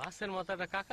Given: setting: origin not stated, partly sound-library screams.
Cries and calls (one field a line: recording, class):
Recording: one-second piece from a danger detection set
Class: normal situation